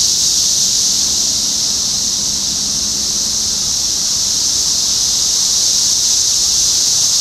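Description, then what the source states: Cicada chorus forming a continuous shrill buzzing drone, with a faint low hum briefly underneath early on. Several cicadas recorded in Topeka, Kansas, United States, on 14 June 2015.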